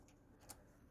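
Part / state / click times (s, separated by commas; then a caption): sliding interior door latch in an RV / not seated / none. A sliding interior door in a 2001 Winnebago Adventurer RV is moved back toward its latch. A brief, faint tick at about 0.5 s rises over a steady low hum. The door has not latched into position yet.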